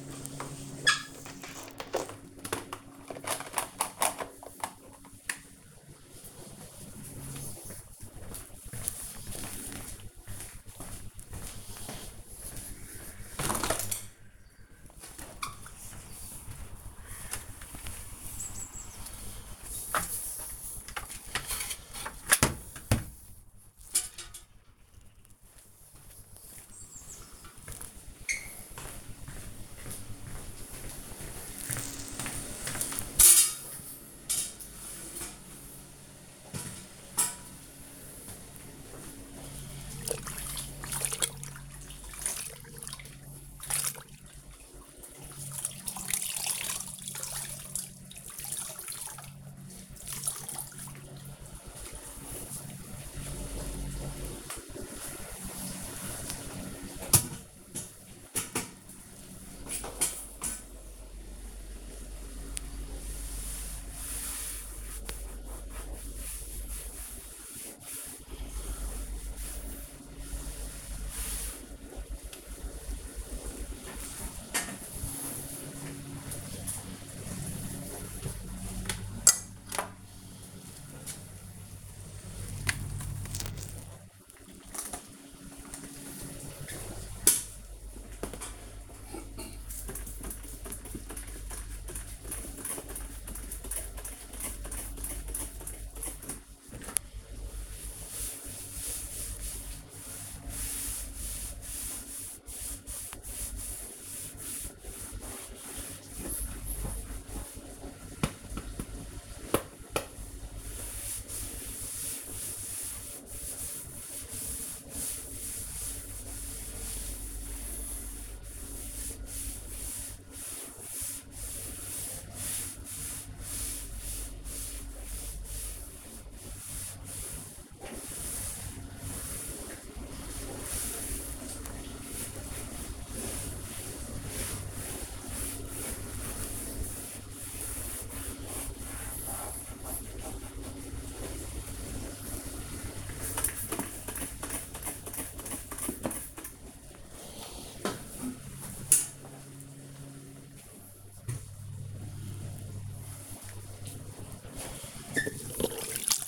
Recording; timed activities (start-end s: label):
household activities, microphone on the right wrist
0.00-156.28 s: kitchen
40.80-156.28 s: cleaning the cupboard
94.05 s: note: using spray bottle
155.41 s: note: using spray bottle